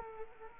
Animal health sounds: mosquito wingbeat signal from an infrared sensor; Culex quinquefasciatus

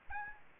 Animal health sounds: mosquito wingbeat signal from an infrared sensor; Aedes albopictus

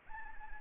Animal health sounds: mosquito wingbeat signal from an infrared sensor; Anopheles gambiae

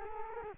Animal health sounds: mosquito wingbeat signal from an infrared sensor; Culex quinquefasciatus

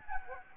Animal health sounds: mosquito wingbeat signal from an infrared sensor; Anopheles gambiae

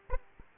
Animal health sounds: mosquito wingbeat signal from an infrared sensor; Aedes aegypti

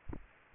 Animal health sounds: mosquito wingbeat signal from an infrared sensor; Culex pipiens

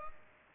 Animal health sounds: mosquito wingbeat signal from an infrared sensor; Culex pipiens

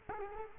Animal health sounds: mosquito wingbeat signal from an infrared sensor; Culex quinquefasciatus

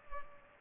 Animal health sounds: mosquito wingbeat signal from an infrared sensor; Culex pipiens

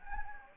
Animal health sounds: mosquito wingbeat signal from an infrared sensor; Anopheles gambiae

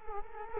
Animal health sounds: mosquito wingbeat signal from an infrared sensor; Culex quinquefasciatus

